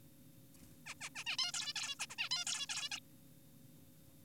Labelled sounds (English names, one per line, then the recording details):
Zebra Finch
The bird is an adult
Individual g4p5U